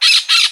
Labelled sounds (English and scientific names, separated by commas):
Brown-throated Parakeet (Eupsittula pertinax) contact call